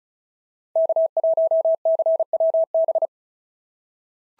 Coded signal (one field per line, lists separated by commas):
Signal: Morse code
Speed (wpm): 36 wpm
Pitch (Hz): 650 Hz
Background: none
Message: K1CWB